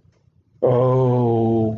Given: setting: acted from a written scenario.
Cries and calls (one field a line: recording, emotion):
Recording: vocal sound without words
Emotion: romantic love